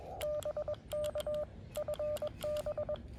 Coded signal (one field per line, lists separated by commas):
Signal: Morse code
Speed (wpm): 20 wpm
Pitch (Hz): 600 Hz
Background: none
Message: BK FB